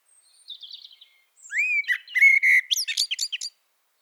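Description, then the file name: Eurasian blackbird song: a soft, quiet twitter, then a rich fluted warble ending in sharp, high squeaky notes. "Turdus merula"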